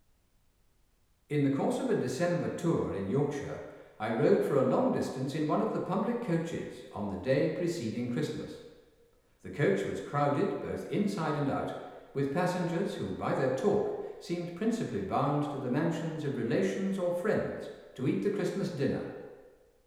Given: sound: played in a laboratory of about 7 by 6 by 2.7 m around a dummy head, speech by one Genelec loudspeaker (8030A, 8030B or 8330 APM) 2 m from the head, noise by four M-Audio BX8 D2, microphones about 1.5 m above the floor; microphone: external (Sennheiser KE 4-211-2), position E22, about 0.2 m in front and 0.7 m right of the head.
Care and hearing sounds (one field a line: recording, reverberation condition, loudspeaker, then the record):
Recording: male speech in English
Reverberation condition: high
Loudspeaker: 120 degrees to the right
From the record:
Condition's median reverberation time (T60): about 1300 ms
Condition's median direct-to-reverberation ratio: about -4.0 dB